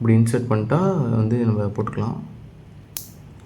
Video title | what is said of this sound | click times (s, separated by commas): DJI MIC MINI 2 UNBOXING & TESTING | lock ஆயிடுச்சு. | 3.0 s